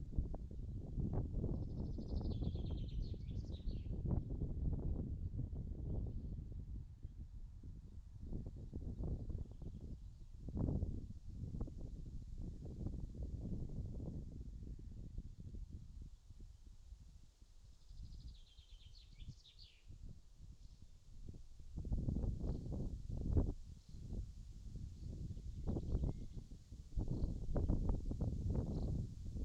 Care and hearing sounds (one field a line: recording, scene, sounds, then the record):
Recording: everyday scene through a hearing-aid microphone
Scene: wind on the microphone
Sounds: wind, birds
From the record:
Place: in front of a rural house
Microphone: in the ear canal, left